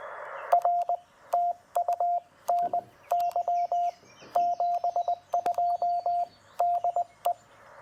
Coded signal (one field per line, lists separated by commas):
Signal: Morse code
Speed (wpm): 17 wpm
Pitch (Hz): 700 Hz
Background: none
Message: R TU NY 72 DE